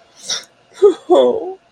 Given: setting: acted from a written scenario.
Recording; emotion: vocal sound without words; sadness